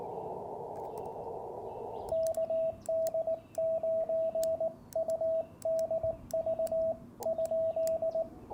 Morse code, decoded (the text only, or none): KD9UDV?